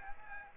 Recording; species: mosquito wingbeat signal from an infrared sensor; Aedes aegypti